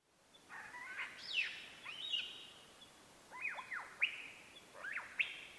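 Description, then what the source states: Superb Lyrebird mimicry song: a run of varied whistled notes and sharp downslurred whips, each phrase different, over a soft steady background hiss. Flute lyrebird mimicking songs of other forest bird species plus two flute phrases; state forest in Victoria, Australia; 6:53 a.m., 16 June 2013.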